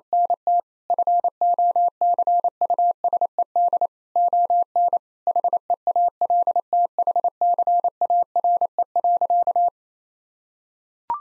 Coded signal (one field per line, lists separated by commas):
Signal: Morse code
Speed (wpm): 28 wpm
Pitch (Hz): 700 Hz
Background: none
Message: NT FOCUSED ON HEALTHCARE.